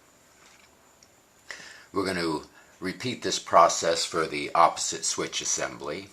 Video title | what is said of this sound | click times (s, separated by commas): Chevrolet Steering Wheel Control Removal and Back Light Repair = Car Stereo HELP | main housing that locks it all back together push it down till it locks into place | 1.0 s, 1.5 s